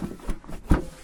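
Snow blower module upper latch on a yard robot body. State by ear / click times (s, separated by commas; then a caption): seated / 0.7 s. The upper latch of a snow blower module on a Yarbo yard robot body is closed after the module's lower holes are seated, and the module is lifted slightly. A soft knock at about 0.3 s is followed by a sharp, louder latching click at 0.7 s. The module locks in place.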